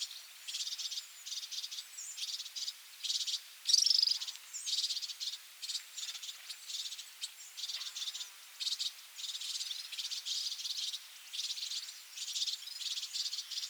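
Red-fronted serin calls, a steady stream of high, buzzy trilled bursts with brief gaps, and one thin descending whistle near the four-second mark.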